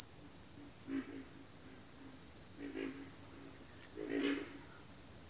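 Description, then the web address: Pig frog: three bursts of low grunts, with a high, steadily pulsing cricket trill throughout. "Sleep Sounds of Nature. Pig Frogs"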